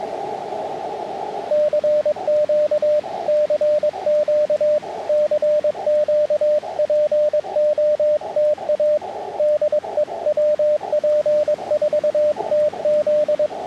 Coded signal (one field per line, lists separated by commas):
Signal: Morse code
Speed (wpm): 21 wpm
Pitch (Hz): 590 Hz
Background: radio noise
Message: CQ CQ CQ POTA DE WP4TZ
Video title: Parks on the Air Morse Code (CW) activation summary